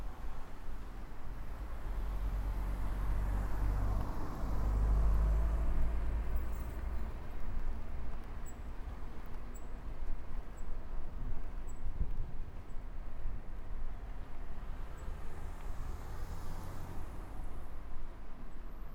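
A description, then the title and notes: Busy road noise surrounds a night bike ride, a steady rumble of passing traffic with a deep engine swell around five seconds as a large vehicle goes by. Faint high ticking repeats through the middle, and the roar stays dense and even throughout. Bike Ride Through Town. Unable to sleep in the summer heat, I took a midnight bike ride down Mianyang’s busiest roads.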